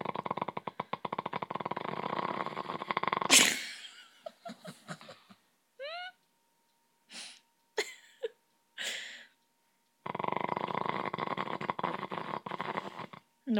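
A dog, Tristan, snores in loud, rough, rapidly fluttering bursts, like a car motor about to die that won't turn over. The snoring stops for several seconds of near quiet, broken by brief high squeaks and soft sounds, then resumes just as loudly.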